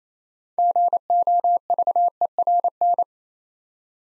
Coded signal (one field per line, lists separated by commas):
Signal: Morse code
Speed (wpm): 29 wpm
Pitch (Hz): 700 Hz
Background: none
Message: GOVERN